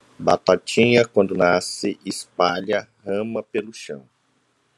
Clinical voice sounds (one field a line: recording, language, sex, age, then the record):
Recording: short text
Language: Brazilian Portuguese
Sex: male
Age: 30 to 39 years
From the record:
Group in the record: control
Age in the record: 37 years